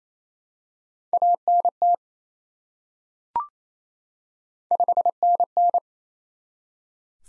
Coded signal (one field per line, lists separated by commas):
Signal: Morse code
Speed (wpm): 28 wpm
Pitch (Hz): 700 Hz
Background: none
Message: ANT 5NN